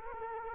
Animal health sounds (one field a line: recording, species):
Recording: mosquito wingbeat signal from an infrared sensor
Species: Culex quinquefasciatus